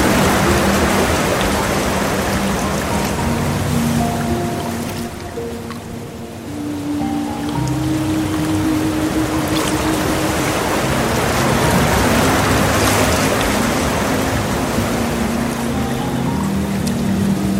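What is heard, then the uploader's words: A soft water stream rushes steadily throughout, a dense, even wash of bubbling and hiss. Piano notes ring over it, slow held tones in the low and middle range, changing every second or two. The water dips slightly around six seconds, then returns to full. Piano music and the gentle sounds of a soft water stream.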